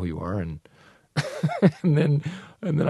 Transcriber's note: soundbite of laughter